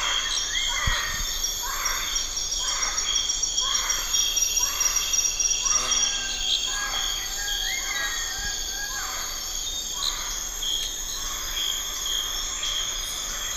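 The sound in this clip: Bird calls, a series of rough, buzzy bursts repeated roughly every second with a brief rising whistle among them, over continuous high-pitched insect buzzing.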